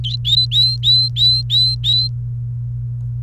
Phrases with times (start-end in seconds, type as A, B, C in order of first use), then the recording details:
0.04-2.08 A. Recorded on 29 April 2018 at 10:36. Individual llb3